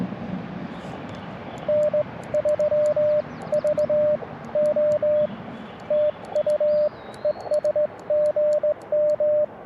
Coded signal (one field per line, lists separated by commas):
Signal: Morse code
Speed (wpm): 17 wpm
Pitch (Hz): 600 Hz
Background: radio noise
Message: N3VO TU ES GM